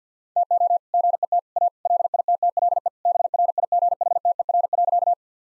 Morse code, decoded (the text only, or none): TO GET A LITTLE BRIGHTER.